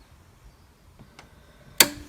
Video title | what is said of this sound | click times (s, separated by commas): 2017 Mazda Mazda5 Review - More than a minivan | the clip is now going to click in place see | 1.8 s